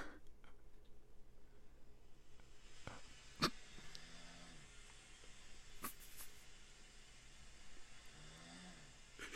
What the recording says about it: A bit of my snore last night. You sound a bit like a cow. Or like a revving bike. It's like Formula One.